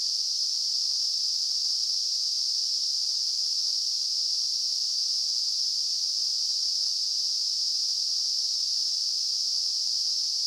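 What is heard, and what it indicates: A steady, unbroken high-pitched hiss, a narrow band of noise around 5 kHz, holds at constant loudness for the full ten seconds. It simulates what tinnitus can sound like to someone who has it: a persistent ringing or hissing heard without any outside source.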